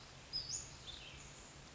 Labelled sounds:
Western Flycatcher
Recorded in Sonoma County, California

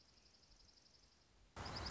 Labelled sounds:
Dark-eyed Junco
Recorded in Sonoma County, California

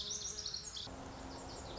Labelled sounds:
Lazuli Bunting
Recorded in Sonoma County, California

